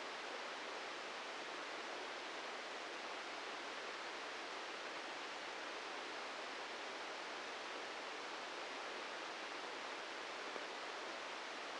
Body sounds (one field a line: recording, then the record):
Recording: brain microelectrode recording played as sound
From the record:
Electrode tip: inside the subthalamic nucleus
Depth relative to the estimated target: -3 mm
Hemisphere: right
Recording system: NeuroSet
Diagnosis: Parkinson's disease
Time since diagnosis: 13 years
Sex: male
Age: 65 years